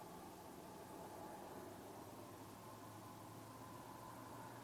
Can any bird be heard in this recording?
no